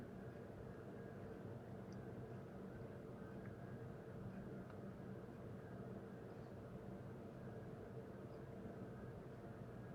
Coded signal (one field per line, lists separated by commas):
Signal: FT8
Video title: Real time FT8 Session (AKA Watching Paint Dry) #3 - Can we climb the band ladder?